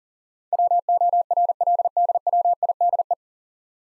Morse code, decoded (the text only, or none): WORLDWIDE